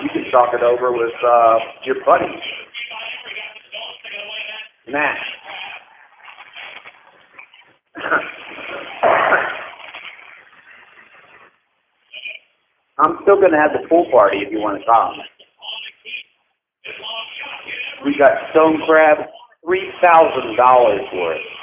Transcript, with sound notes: You can talk it over with your buddy, Matt. [cough] I'm still gonna have the pool party if you want to come. We got stone crab, $3000 dollars worth.